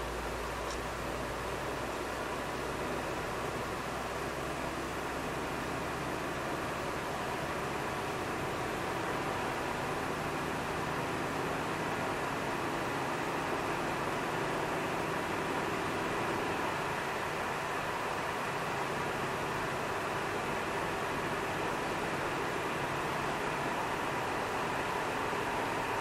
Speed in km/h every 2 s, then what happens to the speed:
59, 63, 67, 70, 74, 77, 80, 81, 82, 81, 82, 83, 85.
0-12 speeds up to 80. 12-26 steady at about 82.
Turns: none.